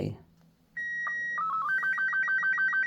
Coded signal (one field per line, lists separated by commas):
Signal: SSTV (slow-scan television)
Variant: Robot 36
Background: speech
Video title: SSTV - Easy , VGC N76